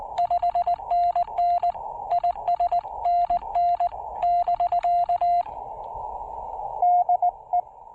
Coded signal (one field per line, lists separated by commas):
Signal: Morse code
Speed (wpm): 20 wpm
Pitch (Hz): 700 Hz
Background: none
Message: 5NN ISNN <BK> DE